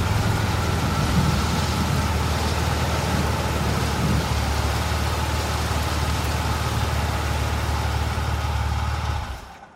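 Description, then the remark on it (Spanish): Steady rain, just beginning to fall, hisses continuously over a deep, constant low rumble of thunder, with no voices, holding an even loudness before fading out abruptly in the final moment. “Las primeras gotas de lluvia rozan los delicados cuernos del caracol, que rápidamente se encierra en su espiralada casita.”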